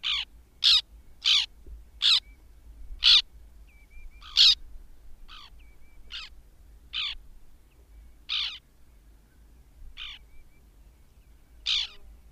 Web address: Madardalok Cd 3 Fehérszárnyú szerkő